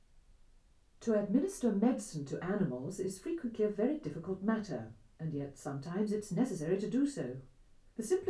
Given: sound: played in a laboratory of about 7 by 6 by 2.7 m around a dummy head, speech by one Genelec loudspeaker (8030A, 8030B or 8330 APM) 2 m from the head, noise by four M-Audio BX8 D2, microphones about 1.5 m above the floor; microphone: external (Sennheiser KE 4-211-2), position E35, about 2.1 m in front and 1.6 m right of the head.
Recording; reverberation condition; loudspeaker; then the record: female speech in English; low; 90 degrees to the right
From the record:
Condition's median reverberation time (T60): about 310 ms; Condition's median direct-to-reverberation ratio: about 3.5 dB